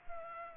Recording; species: mosquito wingbeat signal from an infrared sensor; Culex pipiens